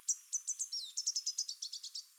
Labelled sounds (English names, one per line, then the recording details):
Chestnut-capped Warbler song
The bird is a female
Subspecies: delattrii
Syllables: 15
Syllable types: 4
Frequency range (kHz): 3.4-8.0 kHz
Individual CR-D51-F